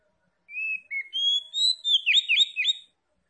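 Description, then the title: Oriental magpie-robin: clear, drawn-out whistled notes that build into a quick series of looping, slurred warbles. Tretes; singing vigorously (gacor). "Kacer Tretes Gacor"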